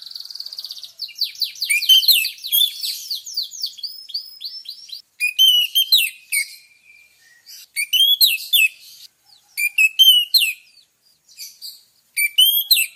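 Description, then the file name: Orange-headed thrush delivering a long run of fast, sweeping whistled notes, then shorter varied phrases repeated every second or two. Lure recording of a vigorously singing bird, used to prompt other birds to sing. "suara pancingan anis merah gacor"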